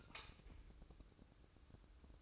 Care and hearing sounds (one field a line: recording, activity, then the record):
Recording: daily activity, microphone in the room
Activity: light off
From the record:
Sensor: 2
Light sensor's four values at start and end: 11/29/12/12 and 7/17/7/7